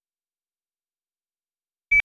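Silence, then a single short, high-pitched electronic censor beep cuts in at the very end, clipped off abruptly.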